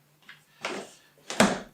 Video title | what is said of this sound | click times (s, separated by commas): Kreg Tools Changed My Woodworking Forever: 7-Hour Journey Through 40+ Projects & Reviews | And now she's locked in. | 0.6 s, 1.4 s